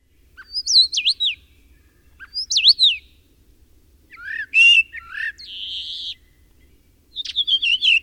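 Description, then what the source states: Common starling song: slurred whistles swooping down twice, then a buzzy rattling phrase, a drawn-out wheezy note and a burst of squeaky chatter. Recorded in spring.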